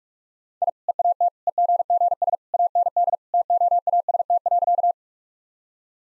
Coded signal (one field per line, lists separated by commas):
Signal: Morse code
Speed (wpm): 41 wpm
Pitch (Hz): 700 Hz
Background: none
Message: I EAT EGGS AND TOAST.